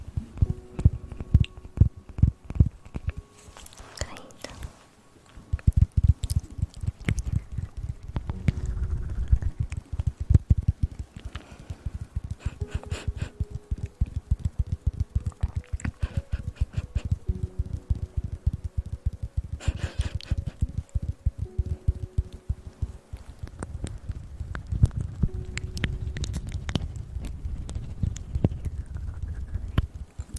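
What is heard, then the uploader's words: Mouth sounds made up of rapid clicks, pops and smacks, packed densely and mostly low and thumping, with sharp bright crackles at a few moments such as around 4, 13 and 20 seconds. Brief faint tones appear now and then. A short pause falls near 5 seconds. Sensitivity Mouth Sounds.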